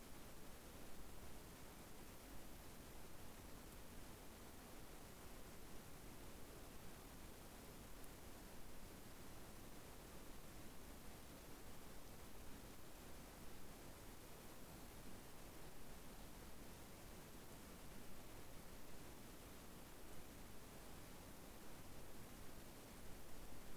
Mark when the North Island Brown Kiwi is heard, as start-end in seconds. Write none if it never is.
none